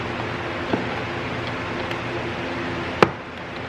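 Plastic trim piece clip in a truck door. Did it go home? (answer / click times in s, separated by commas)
released / 3.0 s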